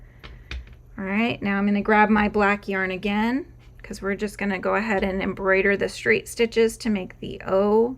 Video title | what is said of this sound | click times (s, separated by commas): Crochet with me Halloween Tutorial - Louie the Halloween Bat LIVE Crochet Along - Halloween Decor | We're just popping those backs on until you hear the pop. | 0.5 s